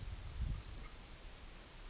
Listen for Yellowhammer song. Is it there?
no